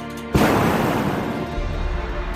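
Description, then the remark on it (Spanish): A hot air balloon's propane burner kicks in with a sudden loud whoosh, blasting fire and hot air to inflate the balloon, then keeps up a steady, powerful roaring hiss of flame over a low rumbling hum, with no one speaking. “propano lanzando bocanadas de fuego y aire caliente para inflar el globo aerostático.”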